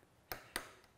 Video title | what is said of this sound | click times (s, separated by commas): Intense Tech Series: Lower Link Service for Enduro | go to get 2 clicks like so and | 0.3 s, 0.6 s